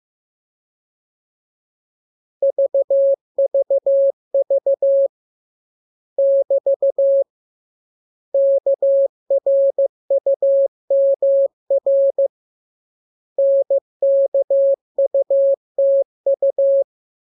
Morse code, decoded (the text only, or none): VVV <BT> KRUMR NKUTU